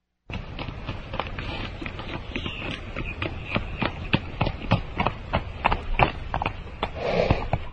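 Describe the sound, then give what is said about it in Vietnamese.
Steady clip-clop of horse hooves pulling a cart, sharp percussive knocks in a fairly regular rhythm over a low rumbling, rattling background of wheels, with no talking. “Chỉ nghe tiếng người đánh xe thúc ngựa, nhưng chẳng thấy hắn ta đâu ta.”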